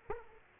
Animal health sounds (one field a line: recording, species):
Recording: mosquito wingbeat signal from an infrared sensor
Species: Aedes aegypti